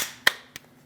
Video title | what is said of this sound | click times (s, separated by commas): How to Replace Mirror Switch 2001-2006 Chevrolet Silverado 2500 HD | Push down. Make sure all four tabs lock in. | 0.3 s